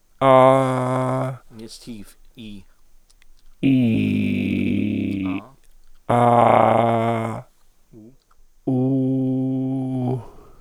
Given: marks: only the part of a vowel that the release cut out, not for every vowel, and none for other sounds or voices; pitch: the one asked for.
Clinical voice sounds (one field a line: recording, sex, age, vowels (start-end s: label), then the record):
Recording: sustained vowels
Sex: male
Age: 70 to 79 years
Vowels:
0.50-1.11 s: vowel /a/, high pitch
3.73-4.78 s: vowel /i/, low pitch
6.62-7.27 s: vowel /a/, low pitch
8.81-9.96 s: vowel /u/, low pitch
From the record:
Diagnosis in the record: central laryngeal movement disorder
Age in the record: 70 years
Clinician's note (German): Dysphagie, Speichelsekret